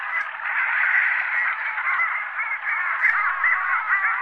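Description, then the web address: Long-tailed ducks in chorus: an unbroken mass of overlapping nasal, warbling calls from many birds, steady in volume throughout. Sakhalin and Kuril Islands. "priroda sakhalina i kuril. Clangula huemalis"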